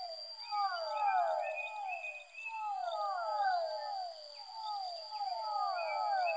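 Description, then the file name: Fischer's dwarf frog calls: overlapping series of short downslurred notes in dense waves, with a few higher chirps above and a steady thin tone throughout. Soundscape composition with amphibian vocalizations. "soundscape with amphibian vocalizations of physalaemus fischeri"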